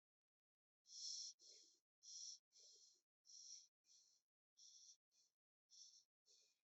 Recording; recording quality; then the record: shallow breathing; excellent, no background noise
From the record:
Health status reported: healthy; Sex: male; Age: 28 years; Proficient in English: yes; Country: India